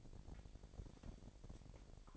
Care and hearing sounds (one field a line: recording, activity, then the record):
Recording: daily activity, microphone in the room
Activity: take from stove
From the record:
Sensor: 5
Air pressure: 1012.1 hPa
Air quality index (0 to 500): 234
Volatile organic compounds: 4 ppm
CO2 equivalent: 1556 ppm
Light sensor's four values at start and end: 50/113/49/54 and 51/116/50/54